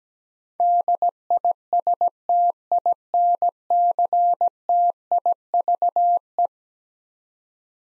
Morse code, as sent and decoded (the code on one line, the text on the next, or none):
-.. .. ... - .. -. -.-. - .. ...- .
DISTINCTIVE